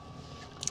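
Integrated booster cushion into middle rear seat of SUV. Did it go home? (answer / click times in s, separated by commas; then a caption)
yes / 0.6 s, 0.7 s. The built-in booster cushion on the middle rear seat of a 2023 Volvo XC90 B6 mild hybrid SUV is released with a pull tab, lifted, and pushed up into its raised position. Over a low steady background, two sharp clicks sound at 0.6 s and 0.7 s as it snaps into place. The booster is now locked in its raised position.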